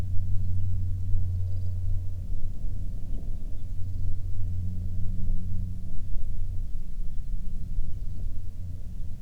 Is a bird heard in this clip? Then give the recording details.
yes. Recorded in the Prudhoe Bay oil fields, Alaska, on 22 May 2019 at 17:05. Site 16